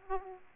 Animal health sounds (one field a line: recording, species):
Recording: mosquito wingbeat signal from an infrared sensor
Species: Aedes aegypti